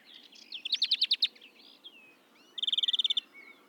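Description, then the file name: European greenfinch twittering, then a rapid ringing trill of evenly spaced notes near the end, over faint background hiss. "Chloris chloris"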